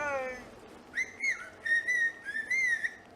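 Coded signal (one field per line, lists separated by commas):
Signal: whistled language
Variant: Sochiapam Chinantec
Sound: brief voiced sound, then several gliding whistled syllables rising and falling in pitch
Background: speech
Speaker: It works this well in tonal languages like this, and Chinantec is very tonal.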